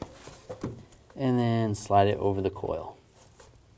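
The other end of a spark plug wire is handled on a 2007-14 GMC Sierra 3500HD, about to be slid over the ignition coil terminal while someone talks. Brief light handling ticks are heard near 0.0 and 0.6 seconds. Nothing has seated or clicked onto the coil yet.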